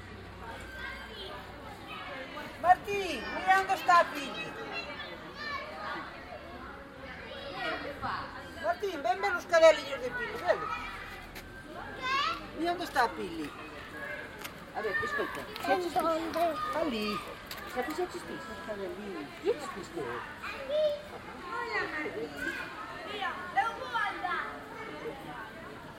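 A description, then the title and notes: Kids playing at a park, with a steady mix of overlapping voices, chatter and high calls throughout the whole stretch. Sharp shouts and yelps pop out every few seconds, loudest around 3, 10 and 13 seconds, over a low constant rumble. Kids Playing at Parque Arzúa.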